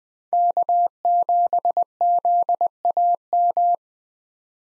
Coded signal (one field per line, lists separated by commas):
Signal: Morse code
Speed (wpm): 20 wpm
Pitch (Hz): 700 Hz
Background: none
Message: K7ZAM